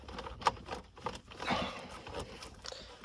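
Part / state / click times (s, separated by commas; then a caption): Bluetooth adapter plug into the car stereo's rear connector / not seated / none. A Bluetooth adapter plug is pushed as far as it will go into the plastic socket on the back of a Volvo XC90 MK1 (2003-2014) car stereo, with rustling handling noise and brief knocks around 0.5 s and 1.1 s. The plug has not clicked into place, likely because the adapter is not very well made, but it is in and not loose.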